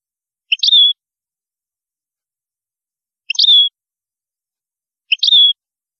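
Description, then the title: European goldfinch calls, a short twittering note with a downslurred tail, given three times at uneven intervals. "Chant Chardonneret"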